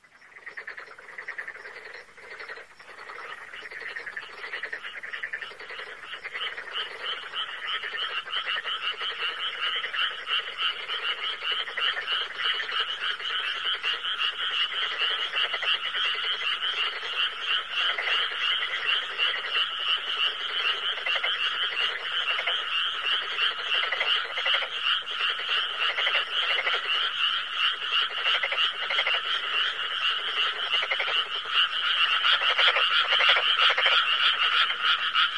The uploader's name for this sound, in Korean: 개구리 울음 소리